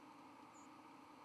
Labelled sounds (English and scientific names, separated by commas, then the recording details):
White-throated Sparrow (Zonotrichia albicollis) flight call
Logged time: 10:04 on 31 October 2014